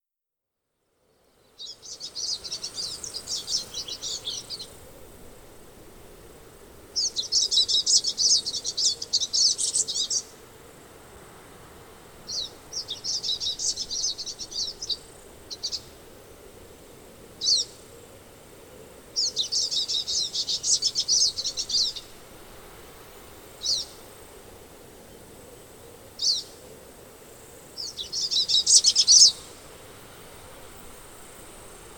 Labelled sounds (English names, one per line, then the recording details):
Pine Siskin song
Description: Pine Siskin song recorded on the Bridal Veil Falls Trail in Rocky Mountain National Park
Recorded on 22 June 2015